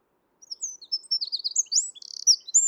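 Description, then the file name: Eurasian wren song phrase, a quick sequence of very high chirps and slurred whistles with a short buzzy rattle near the end. "Troglodytes troglodytes"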